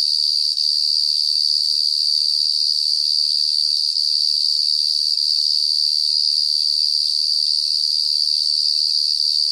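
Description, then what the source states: Cicada calling with a loud, steady, shrill buzz that never pauses, nothing else clearly heard. Obnoxiously loud cicada calling at dusk in African savanna at South Luangwa; recorded with Sony PCM A10 and Lom mikroUsi microphones.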